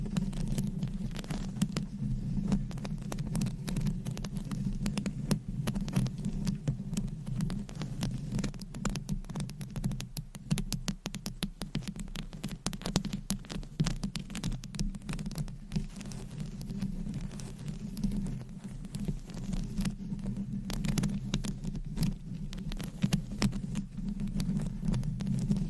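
Scratching and tapping with nails on objects: rapid, dense crackly taps and scrapes run throughout, thickest in the middle stretch. Underneath sits a steady low hum that barely changes, and the overall level stays fairly even from start to finish.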